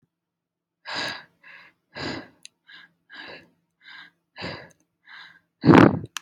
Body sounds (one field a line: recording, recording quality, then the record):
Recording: shallow breathing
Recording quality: excellent, no background noise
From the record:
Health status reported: healthy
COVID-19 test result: negative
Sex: female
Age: 26 years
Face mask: not worn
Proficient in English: yes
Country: United States